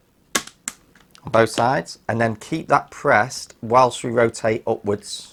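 A Vas-V visor is pushed down onto the side pivot mounts of an Arai motorcycle helmet, with the brass peg lined up with the red dot on each side. Two loud, sharp plastic clicks at 0.4 s and 0.7 s show the visor latching onto the pivot on both sides. Then someone talks.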